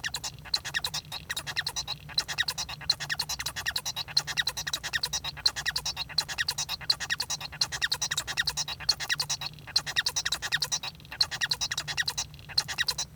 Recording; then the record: song of a male Bengalese finch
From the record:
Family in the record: son of father 1